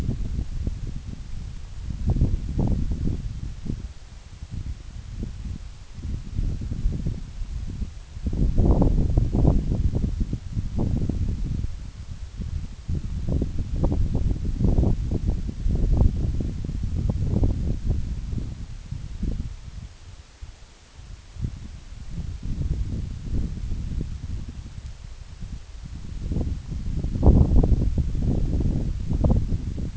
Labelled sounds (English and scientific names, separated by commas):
none